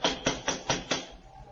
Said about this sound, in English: They don't seem to answer, do they? Try knocking again.